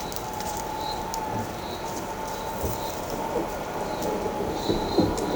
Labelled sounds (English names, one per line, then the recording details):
none
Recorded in shrubland near Pivijay, Magdalena, Colombia, on 14 April 2023 at 14:30
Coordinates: 10.453, -74.365
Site P5-G022